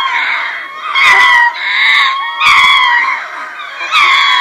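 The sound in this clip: Ring-tailed lemurs in a loud chorus of wailing, mewing cries, rising and falling in surges about every second and a half.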